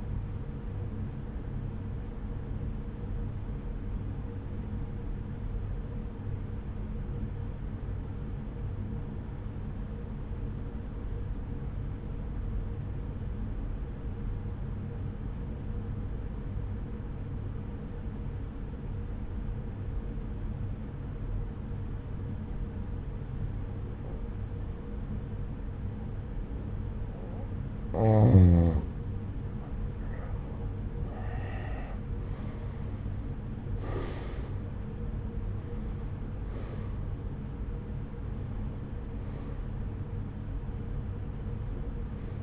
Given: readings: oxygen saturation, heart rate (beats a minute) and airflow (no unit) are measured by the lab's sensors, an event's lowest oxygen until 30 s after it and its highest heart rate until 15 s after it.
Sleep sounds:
breathing in sleep by a smartphone at the bedside; 1
6.00-30.30 s: obstructive apnea (N1, oxygen 95% highest, then 84% lowest)
10.00-40.00 s: new sleep stage, N2 (light sleep)
40.00-42.43 s: awake
40.00-42.43 s: new sleep stage, awake
From the record:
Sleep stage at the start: N1 (lightest sleep); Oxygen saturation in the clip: 86 to 95%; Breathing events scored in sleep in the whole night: 303 in 8.1 hours asleep

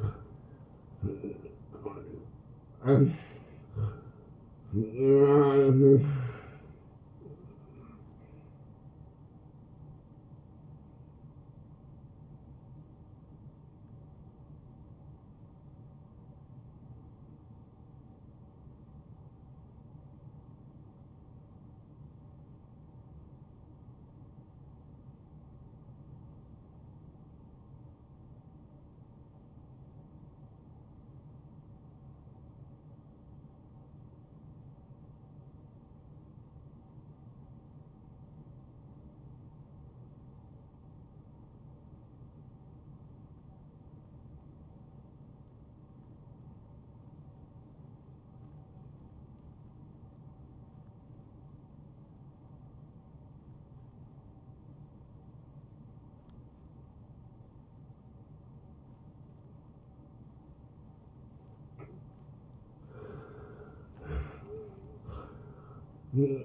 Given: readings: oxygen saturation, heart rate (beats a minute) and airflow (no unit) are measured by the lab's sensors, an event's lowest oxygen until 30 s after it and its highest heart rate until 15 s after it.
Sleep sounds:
breathing in sleep by a smartphone at the bedside; 1
6.00-36.00 s: new sleep stage, N1 (lightest sleep)
19.00-61.90 s: obstructive apnea (N1, oxygen 91% highest, then 81% lowest)
36.00-66.45 s: new sleep stage, N2 (light sleep)
From the record:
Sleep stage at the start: N2 (light sleep); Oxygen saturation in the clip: 81 to 91%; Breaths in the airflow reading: 6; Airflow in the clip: -20.5 to 10.8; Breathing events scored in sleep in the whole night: 263 in 5.5 hours asleep

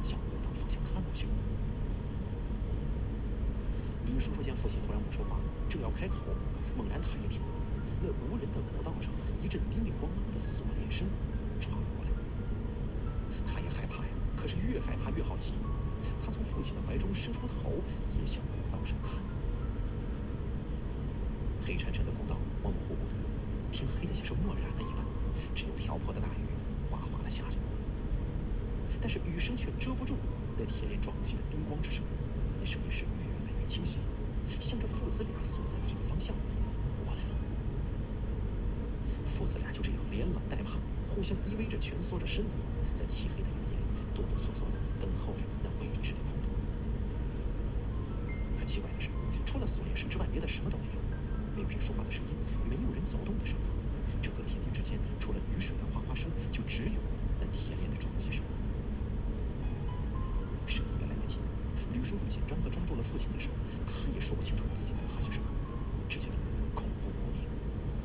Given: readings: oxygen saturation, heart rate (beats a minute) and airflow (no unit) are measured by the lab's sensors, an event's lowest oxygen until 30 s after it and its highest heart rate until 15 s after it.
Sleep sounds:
a person awake in a sleep study, by a smartphone at the bedside; none
0.00-68.05 s: awake
From the record:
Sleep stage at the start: awake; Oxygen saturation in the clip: 93 to 94%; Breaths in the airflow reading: 22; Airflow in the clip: -1.5 to 2.6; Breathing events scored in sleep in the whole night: 335 in 6.7 hours asleep

